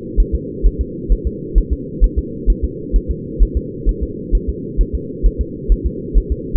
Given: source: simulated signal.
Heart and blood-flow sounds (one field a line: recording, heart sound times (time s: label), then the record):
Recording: fetal heart sounds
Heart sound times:
0.20 s: S1
0.35 s: S2
0.66 s: S1
0.81 s: S2
1.12 s: S1
1.27 s: S2
1.58 s: S1
1.73 s: S2
2.04 s: S1
2.19 s: S2
2.50 s: S1
2.64 s: S2
2.96 s: S1
3.11 s: S2
3.43 s: S1
3.57 s: S2
3.89 s: S1
4.03 s: S2
4.35 s: S1
4.49 s: S2
4.81 s: S1
4.95 s: S2
5.26 s: S1
5.41 s: S2
5.72 s: S1
5.86 s: S2
6.18 s: S1
6.32 s: S2
From the record:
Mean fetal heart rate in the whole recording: 130 bpm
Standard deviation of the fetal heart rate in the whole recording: 2 bpm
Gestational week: 36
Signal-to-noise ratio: -4.1 dB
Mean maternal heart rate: no maternal heart sound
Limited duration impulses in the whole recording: absent